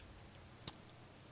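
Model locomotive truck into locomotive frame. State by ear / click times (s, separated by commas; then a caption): not seated / none. The front truck (bogie) of a vintage Rapido N scale diesel locomotive is fitted into its cast metal frame, with one faint, brief tap of handling noise near 0.7 s over a quiet background. The truck does not snap into place and just sits there; nothing has seated or clicked yet.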